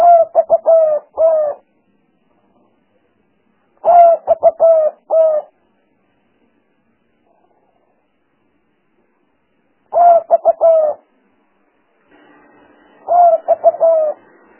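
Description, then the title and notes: Spotted dove repeating a brief cooing phrase four times at uneven intervals, with a faint buzzing hum under the last phrase. Collection of the most effective spotted dove sounds used as a lure for trapping birds. "Pikat Burung Tekukur Paling Ampuh. Kumpulan suara burung tekukur paling ampuh"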